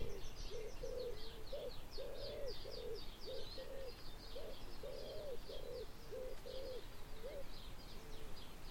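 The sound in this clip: Common wood pigeon cooing: soft, low coos in a rhythmic repeated phrase, while other birds add thin high chirps above.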